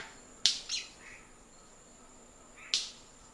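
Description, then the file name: White-bearded manakin snapping, two crisp cracks close together, a pause of two seconds, then one more sharp snap over quiet background hiss. Song; known locally in Portuguese as rendeira. "Canto da rendeira"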